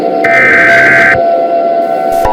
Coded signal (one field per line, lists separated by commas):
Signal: Emergency Alert System (SAME) tones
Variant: header bursts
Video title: EAS Scenario: The Roblox Slender Outbreak (Labor Day Special)